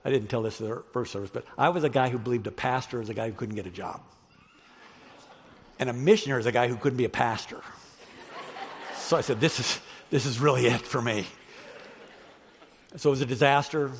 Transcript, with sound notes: I didn’t tell this at first service, but I was a guy who believed a pastor was a guy who couldn’t get a job and a missionary was a guy who couldn’t be a pastor. (Laughter!) So I said, “This is really it for me.” So it was a disaster.